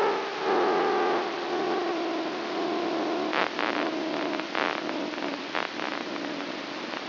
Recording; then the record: brain microelectrode recording played as sound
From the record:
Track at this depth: inside the subthalamic nucleus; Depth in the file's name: 3.327 mm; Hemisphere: left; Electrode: 3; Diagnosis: Parkinson's disease